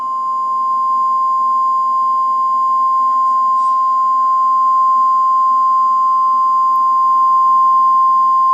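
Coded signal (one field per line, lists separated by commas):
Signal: Emergency Alert System (SAME) tones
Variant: 1050 Hz attention tone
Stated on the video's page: Recreation of a Knoxville tornado warning using audio from the television version of the alert.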